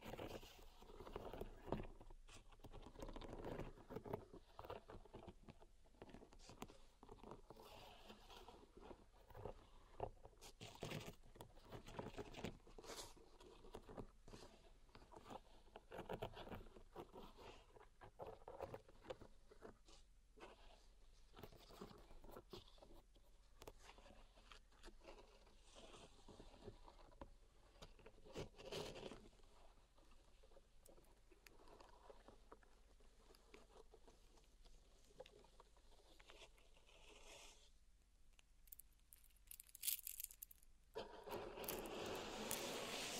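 Pink salt in a zen garden is raked and stirred, giving a dense, gritty scratching and crackling with frequent sharp ticks. The busy texture holds steady through most of the clip, thins briefly around 38 seconds, then returns in a louder burst of crunching at the end.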